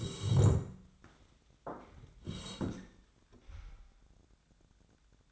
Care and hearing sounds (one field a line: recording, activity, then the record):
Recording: daily activity, microphone in the room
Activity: sit down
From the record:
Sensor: 3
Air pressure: 1012.2 hPa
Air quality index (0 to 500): 172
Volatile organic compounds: 3 ppm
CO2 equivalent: 1316 ppm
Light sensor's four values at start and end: 109/234/117/131 and 109/236/116/128